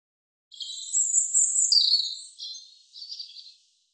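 European robin singing one phrase of about three seconds, with high, tumbling, sweet warbled notes and thin whistles that fade toward the end.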